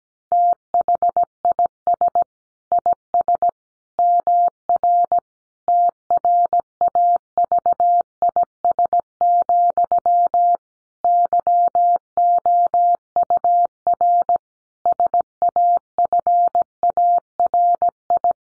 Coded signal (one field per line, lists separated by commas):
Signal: Morse code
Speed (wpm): 17 wpm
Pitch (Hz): 700 Hz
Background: none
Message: THIS IS MR TRAVIS, YOUR SAFARI